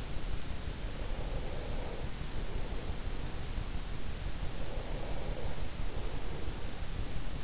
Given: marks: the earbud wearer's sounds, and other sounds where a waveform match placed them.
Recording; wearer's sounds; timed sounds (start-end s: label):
sounds in sleep by an in-ear microphone; breath
0.77-3.35 s: breath
4.39-6.78 s: breath